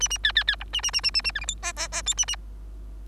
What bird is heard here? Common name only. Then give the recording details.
Bengalese Finch. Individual Bird3